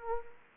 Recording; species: mosquito wingbeat signal from an infrared sensor; Anopheles gambiae